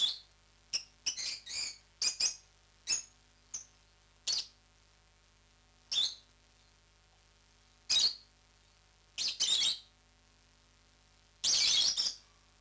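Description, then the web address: Rosy-faced lovebird chattering: rapid clusters of piercing high chirps and squeaks early on, then sparser shrill notes and a final longer harsh screech. "popugai-nerazluchniki -penie-nerazluchnikov. agapornis roseicollis"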